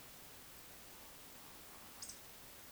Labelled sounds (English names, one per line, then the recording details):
Eurasian Woodcock whistle
Eurasian Woodcock croak
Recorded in Baden-Württemberg, Germany, on 2 June 2021 at 19:55 UTC
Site 25832, 648 m above sea level